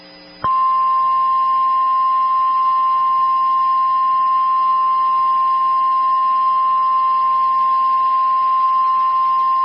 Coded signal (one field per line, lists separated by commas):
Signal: Emergency Alert System (SAME) tones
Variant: 1050 Hz attention tone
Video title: EAS Alert #1: Severe T-Storm Warning (4/8/15)